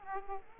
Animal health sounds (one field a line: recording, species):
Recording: mosquito wingbeat signal from an infrared sensor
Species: Aedes aegypti